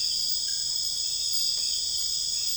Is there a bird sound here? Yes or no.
no